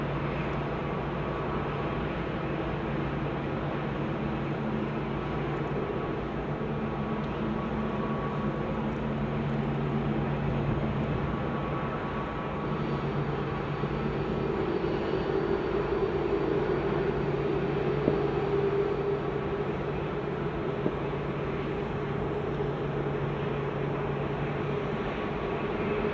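A constant engine drone fills the airfield, a dense, steady low hum with a few held tones running through it. Around the middle it briefly softens, then a higher whine rises near fifteen to nineteen seconds, with a couple of small knocks near the end.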